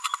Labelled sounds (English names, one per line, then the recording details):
Green-rumped Parrotlet babbling
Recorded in a nest box in Venezuela
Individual 18B25A5